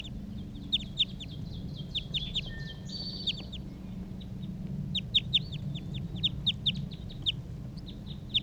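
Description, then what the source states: Crossbill chipping calls, clipped downslurred notes in uneven bursts with a brief steady tonal note mixed in, against a low background hum. Male in a treetop.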